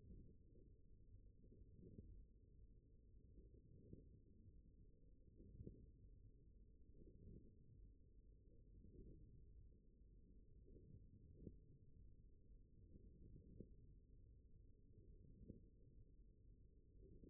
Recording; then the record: forearm muscle sounds (acoustic myography)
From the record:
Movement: wrist extension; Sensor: system 1, eight BSWA MPA416 microphones around the upper forearm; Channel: 5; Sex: male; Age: 42 years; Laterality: right